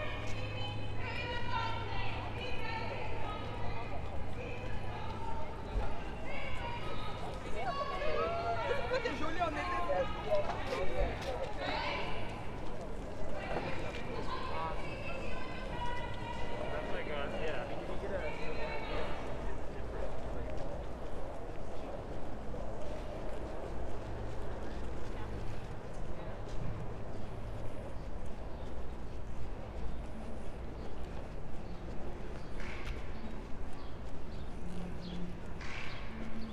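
Street protest march with a steady wash of crowd voices and overlapping speech, brief louder shouts early on, and low traffic rumble underneath.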